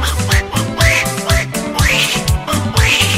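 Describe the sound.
A squawky cartoon Donald Duck voice quacks in a few rising and falling bursts over a loud, bouncy music track with a steady thumping bass beat.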